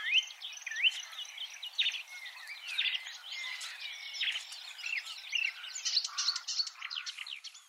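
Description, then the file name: Marsh warbler song, a fast, varied medley of whistled slurs, rising notes, chatters and buzzy phrases tumbling on without pause, all high-pitched. "suara kicauan burung marsh warbler. omkicau"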